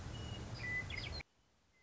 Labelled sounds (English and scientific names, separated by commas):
Western Meadowlark (Sturnella neglecta)